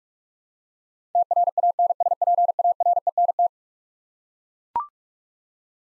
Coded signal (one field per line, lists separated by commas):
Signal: Morse code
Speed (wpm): 42 wpm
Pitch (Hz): 700 Hz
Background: none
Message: TRANSPARENT